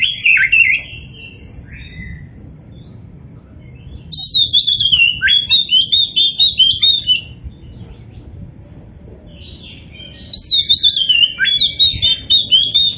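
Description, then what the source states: Oriental magpie-robin singing loud, varied whistled phrases with rising and falling slurs and quick chirps, delivered in bursts lasting a few seconds separated by quiet gaps, over faint low rumble. Local Indonesian variety name kacer poci; described as gacor, singing vigorously.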